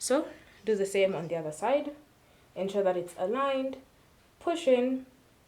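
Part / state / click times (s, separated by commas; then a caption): watch strap into fitness band body / not seated / none. Someone talks while the second strap of a Huawei Band 9 fitness band is aligned with the attachment port on the band body and pushed in. The clip ends before the strap goes home, so nothing has seated or clicked yet.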